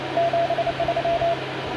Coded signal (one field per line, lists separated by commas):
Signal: Morse code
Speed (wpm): 29 wpm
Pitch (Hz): 680 Hz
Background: radio noise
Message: 73